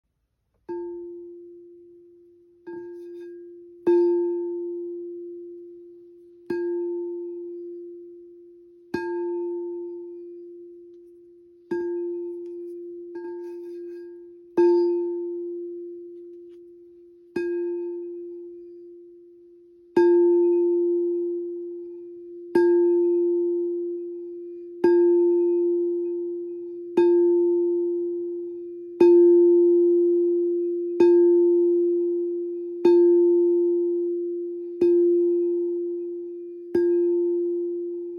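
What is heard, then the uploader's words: A crystal singing bowl is struck every couple of seconds, each clear, pure tone ringing and fading, sustaining longer and overlapping toward the end. Relaxation with Heart Chakra Crystal Singing Bowl.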